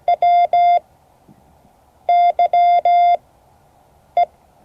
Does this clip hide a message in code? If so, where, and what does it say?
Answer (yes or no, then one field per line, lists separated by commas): yes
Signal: Morse code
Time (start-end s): 0.1-4.3 s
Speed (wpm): 17 wpm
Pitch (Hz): 700 Hz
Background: none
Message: WYE